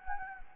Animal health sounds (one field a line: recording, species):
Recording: mosquito wingbeat signal from an infrared sensor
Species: Anopheles gambiae